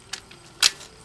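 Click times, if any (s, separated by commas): 0.7 s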